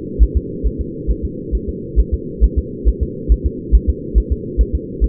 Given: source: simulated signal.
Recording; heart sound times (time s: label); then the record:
fetal heart sounds
0.23 s: S1
0.37 s: S2
0.67 s: S1
0.81 s: S2
1.11 s: S1
1.25 s: S2
1.55 s: S1
1.69 s: S2
2.00 s: S1
2.14 s: S2
2.44 s: S1
2.58 s: S2
2.89 s: S1
3.03 s: S2
3.32 s: S1
3.46 s: S2
3.75 s: S1
3.89 s: S2
4.18 s: S1
4.32 s: S2
4.61 s: S1
4.75 s: S2
5.04 s: S1
From the record:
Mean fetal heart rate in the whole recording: 135 bpm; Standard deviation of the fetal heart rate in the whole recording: 3 bpm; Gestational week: 34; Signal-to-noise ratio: -4.1 dB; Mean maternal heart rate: no maternal heart sound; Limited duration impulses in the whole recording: absent